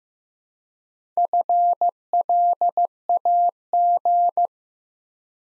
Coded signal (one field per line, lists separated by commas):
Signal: Morse code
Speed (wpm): 15 wpm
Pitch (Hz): 700 Hz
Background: none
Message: FLAG